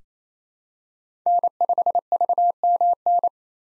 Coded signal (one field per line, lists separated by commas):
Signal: Morse code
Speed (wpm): 27 wpm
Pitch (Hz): 700 Hz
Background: none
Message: N5VMN